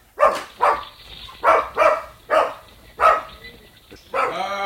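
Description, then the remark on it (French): A dog named Diogène barks about six times in loud, sharp bursts, some in quick pairs, then ends with a drawn-out, higher tonal whine. “Tenez, voilà maintenant Diogène qui aboie.”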